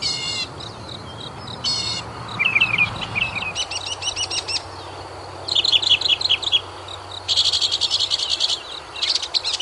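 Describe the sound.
Mockingbird song made of short bursts: rapid rattling trills alternate with twittering phrases and slurred notes, with brief pauses between the bursts.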